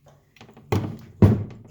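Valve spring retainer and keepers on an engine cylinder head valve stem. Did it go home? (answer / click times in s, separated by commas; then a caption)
yes / 0.7 s. With duct tape over the valve, a socket is set on the valve spring retainer of an overhead-cam engine cylinder head, and a wrench strikes it to push the steel retainer down onto the valve stem. A sharp metallic thunk at 0.7 s is the keepers clicking into place, followed by a second loud strike near 1.2 s and a few faint taps. The valve spring retainer keepers are seated.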